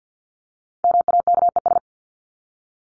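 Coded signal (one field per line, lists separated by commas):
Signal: Morse code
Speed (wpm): 48 wpm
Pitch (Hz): 700 Hz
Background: none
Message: MAKES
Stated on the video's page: Morse practice of the top 100 words ending in ES or S and their root words, at 50 wpm for head-copy training.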